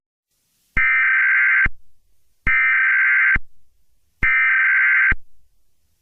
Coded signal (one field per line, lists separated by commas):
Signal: Emergency Alert System (SAME) tones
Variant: header bursts